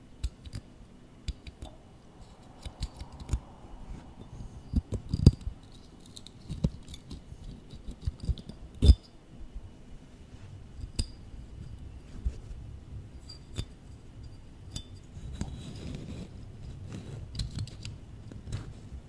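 Close-up tapping and tracing on office objects, with sharp clicks and taps scattered irregularly throughout, the loudest near 5 and 9 seconds. Between them runs a soft, low rustling and scraping, thicker toward the end. Some taps ring briefly with a glassy clink.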